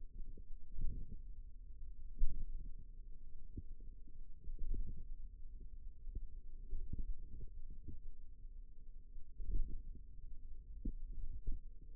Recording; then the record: forearm muscle sounds (acoustic myography)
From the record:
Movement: pen grasping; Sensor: system 2, bracelet of six BSWA MPA416 microphones around the upper forearm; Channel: 4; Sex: female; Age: 22 years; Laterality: right